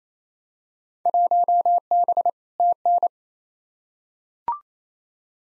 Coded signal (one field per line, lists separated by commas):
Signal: Morse code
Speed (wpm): 28 wpm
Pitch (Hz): 700 Hz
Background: none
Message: 1B TN